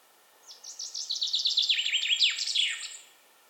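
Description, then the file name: Common chaffinch singing one full song phrase, a trill that falls in pitch and ends in a quick flourish. "Fringilla coelebs"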